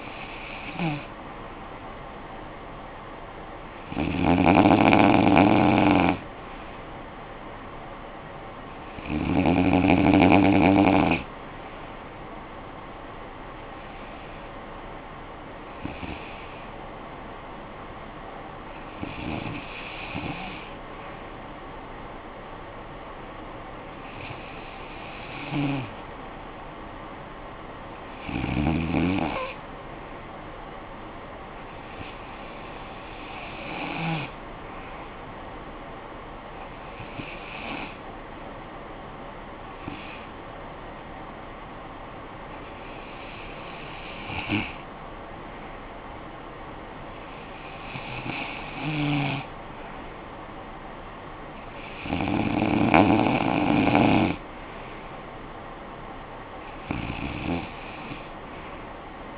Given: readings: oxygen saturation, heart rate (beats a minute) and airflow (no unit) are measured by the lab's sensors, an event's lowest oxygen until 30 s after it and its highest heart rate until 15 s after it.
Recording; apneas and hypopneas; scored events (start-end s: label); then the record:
breathing in sleep by a voice recorder at the bedside; 1
17.00-38.10 s: hypopnea (REM, oxygen 96% highest, then 93% lowest, heart rate 59 at the start, 62 highest)
From the record:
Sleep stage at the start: REM sleep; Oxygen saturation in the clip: 93 to 96%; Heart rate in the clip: 57 to 62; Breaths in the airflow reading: 15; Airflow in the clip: -10.9 to 5.8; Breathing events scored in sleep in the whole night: 445 in 7.6 hours asleep